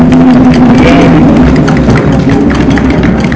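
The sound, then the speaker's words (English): Steady audience applause for music being used in people's lives to help them, a dense crackle of many hands clapping at a constant loud level for a few seconds, with a faint low hum running beneath it. “So, a round of applause for the fact that music gets to be implemented into people's lives to help them.”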